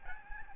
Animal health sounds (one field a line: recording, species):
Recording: mosquito wingbeat signal from an infrared sensor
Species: Aedes albopictus